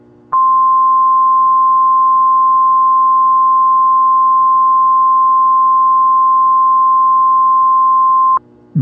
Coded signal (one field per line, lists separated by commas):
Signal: Emergency Alert System (SAME) tones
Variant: 1050 Hz attention tone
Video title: EAS MOCK Tornado Warning On KDO89 - 6/26/25 #MOWX #KDO89 #STLWX